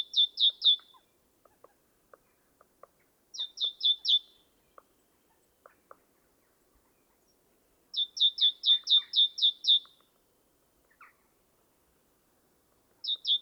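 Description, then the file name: Great tit in short runs of several quick, high repeated notes separated by pauses, with soft clicks and faint chirps in between. "Parus major"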